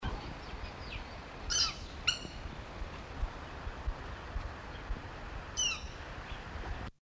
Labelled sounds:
Spur-winged Plover call

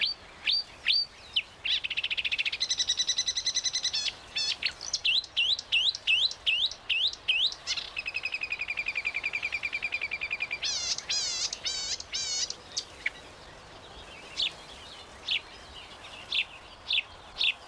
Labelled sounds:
Marsh Warbler song

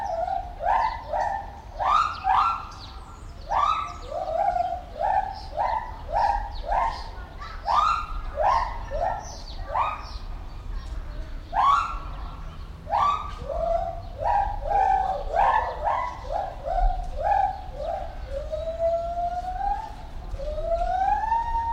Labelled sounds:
Lar Gibbon

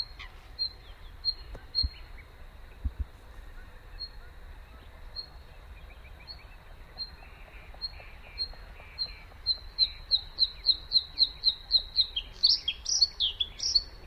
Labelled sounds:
Bluethroat song

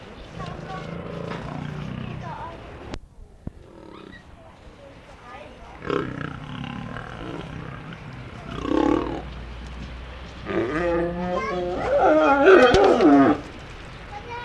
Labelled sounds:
Lion call

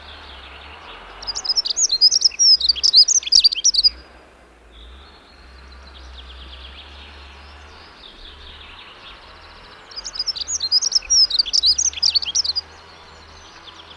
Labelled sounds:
Dunnock song

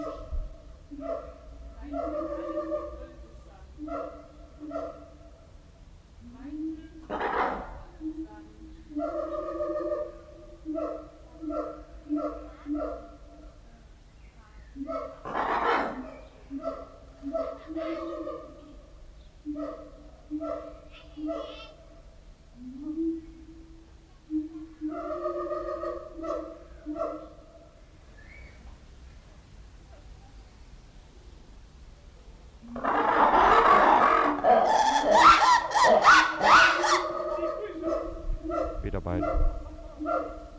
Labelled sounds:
Black-and-white Ruffed Lemur

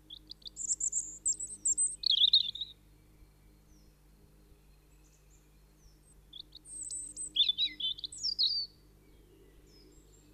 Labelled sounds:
European Robin song

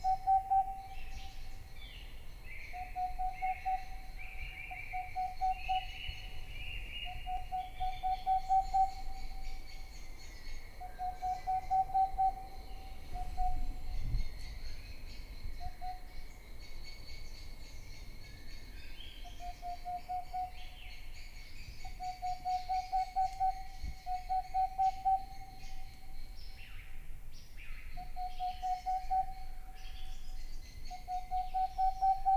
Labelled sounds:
Boreal Owl

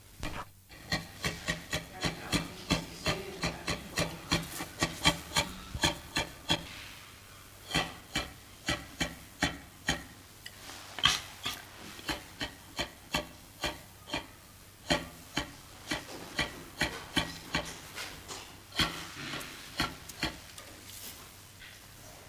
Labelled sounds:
Western Gorilla call

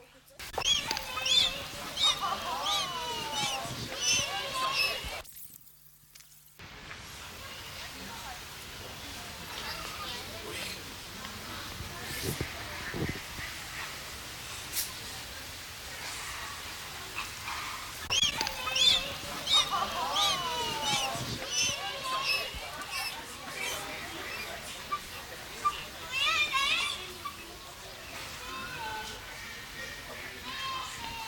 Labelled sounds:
Magellanic Penguin call

